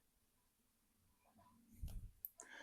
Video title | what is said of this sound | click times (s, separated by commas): Turning a Basic Gundam Into a Battle Ready Mech- Pt. 2 | till it clicks. That goes here till it clicks. | 2.2 s